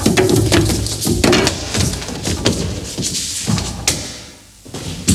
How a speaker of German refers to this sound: Wir hören den Ehemann holter die Polter die Treppe hinunterfallen.